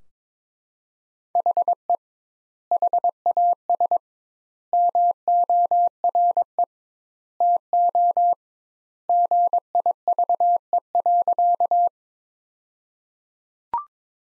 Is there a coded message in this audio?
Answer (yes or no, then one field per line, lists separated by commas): yes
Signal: Morse code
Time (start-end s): 1.4-11.9 s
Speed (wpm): 22 wpm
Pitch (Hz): 700 Hz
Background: none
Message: HE HAS MORE TO GIVE.